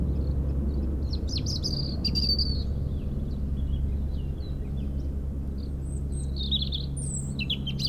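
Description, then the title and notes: European robin song: thin, high, varied warbled phrases with short gaps, over a loud, steady, low drone. Robin singing in a hedge near Lac du Bourget, France, during helicopter lifting for cliff works, the helicopter echoing off a mountain; Zoom H4n Pro placed vertically on the ground. "Près du lac du Bourget, un rouge-gorge chante dans une haie"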